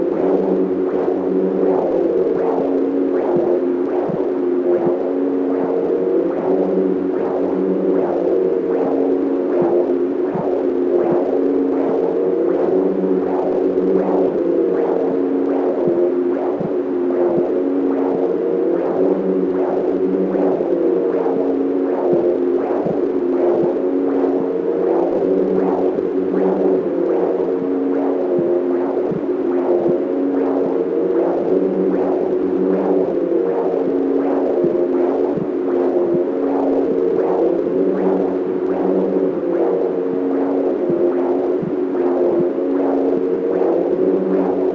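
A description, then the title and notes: A heartbeat, muffled, thumps at a steady rhythm of a little over one beat per second. Each beat is a soft low double thud over a constant dull hum. A faint rising and falling murmur recurs every few seconds in the background. Recordings of three different hearts made by Dan Bodah in Brooklyn NY.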